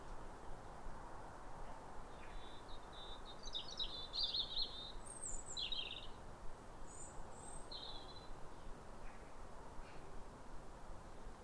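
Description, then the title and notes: European robin song with a run of high, rapid trilled notes, followed by shorter phrases, over a steady soft hiss. Pair of robins in neighbouring gardens singing a duet at a clear, calm, rosy New Year sunrise in winter, after weeks of rain; recorded by Fergus Collins. "Sound Escape 150: Be uplifted by a chorus of New Year's robins. A pair of robins in neighbouring gardens welcome the early sun with wistful phrases as if chatting over the fence. It's a duet to warm the soul in the depths of winter. Recorded by Fergus Collins"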